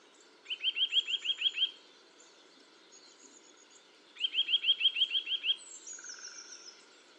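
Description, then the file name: Eurasian nuthatch delivering two rapid bursts of bright, rising whistled notes separated by a pause, followed by a thin high descending note. "Sitta europaea"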